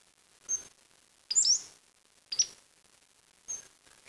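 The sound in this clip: Bird giving faint, very high thin chips and short slurred whistles, four brief notes spaced unevenly over background hiss.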